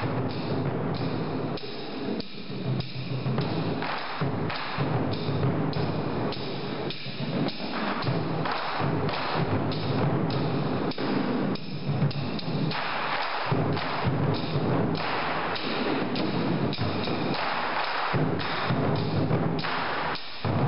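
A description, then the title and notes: A drum performance in a drum tower, loud and dense from start to finish, with heavy thudding strikes piling up in rapid, steady rolls. Several drums seem to play at once, booming and echoing in a large hall, with brief accented hits throughout. The daily drum show concert in the Drum Tower of Xi'an, China.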